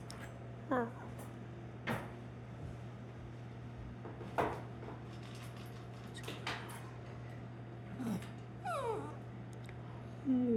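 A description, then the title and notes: A dog gives short falling whines near the start and end, between sharp knocks and clatters, over a steady low hum. Dog.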